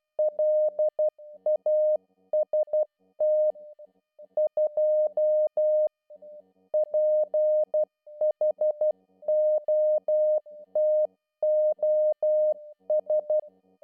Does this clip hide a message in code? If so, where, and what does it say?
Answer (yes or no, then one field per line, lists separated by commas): yes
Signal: Morse code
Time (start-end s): 0.2-13.4 s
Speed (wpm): 12 wpm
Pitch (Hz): 610 Hz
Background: music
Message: LAST 2 PHOTOS